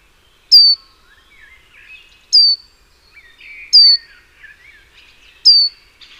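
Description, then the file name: Great tit calling: four sharp, high, downward-slurred notes, with faint twittering between them. "Parus major"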